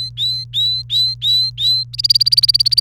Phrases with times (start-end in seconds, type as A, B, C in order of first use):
0.00-1.84 A, 1.93-2.80 B